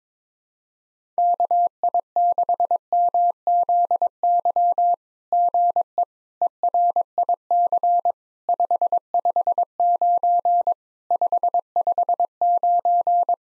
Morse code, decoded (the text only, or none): KI6MZY GE ERIC 559 559